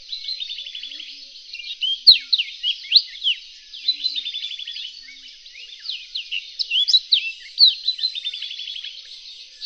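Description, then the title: Reunion olive white-eye singing a continuous high-pitched warble, mixing quick rattling trills with sharp upslurred and downslurred chirps in several bursts. "kicau pleci reunion olive white eye"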